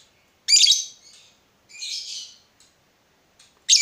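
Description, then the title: Yellow-vented bulbul calls: a harsh scratchy burst, then a softer hissing chatter, and another sharp burst at the end. Used as a bird lure (pikat). "PIKAT TRUCUKAN"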